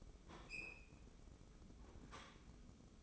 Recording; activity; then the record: daily activity, microphone in the room; open fridge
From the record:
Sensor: 1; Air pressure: 995.3 hPa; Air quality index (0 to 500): 25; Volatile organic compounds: 0 ppm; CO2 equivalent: 501 ppm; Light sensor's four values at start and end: 19/61/22/24 and 18/61/22/24